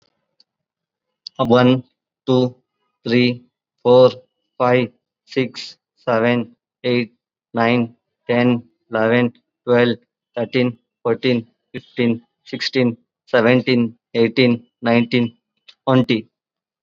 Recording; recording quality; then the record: counting at a normal pace; excellent, no background noise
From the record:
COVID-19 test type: RT-PCR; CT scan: not taken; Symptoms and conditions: cough, fever, fatigue, muscle pain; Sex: male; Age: 21 years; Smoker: yes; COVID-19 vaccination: both doses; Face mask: worn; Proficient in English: yes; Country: India